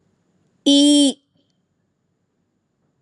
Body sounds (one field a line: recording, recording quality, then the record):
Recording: sustained vowel as in beet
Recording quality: excellent, no background noise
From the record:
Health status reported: healthy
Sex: female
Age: 25 years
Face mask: not worn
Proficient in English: yes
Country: India